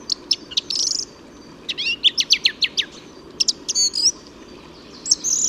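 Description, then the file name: Song thrush delivering rapid series of repeated sharp notes and a buzzy phrase, bursts broken by brief gaps, against faint steady noise. "Singdrossel Gesang"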